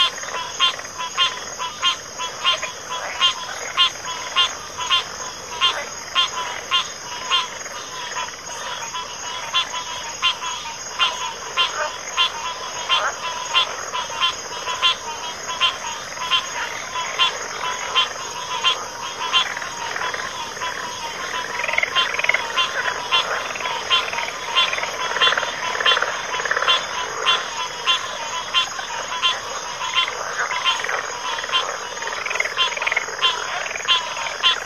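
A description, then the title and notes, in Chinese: A dense wetland chorus of frogs calls in rapid, overlapping pulses over a steady high insect whine, swelling slightly louder after twenty seconds. 田间湿地合唱团。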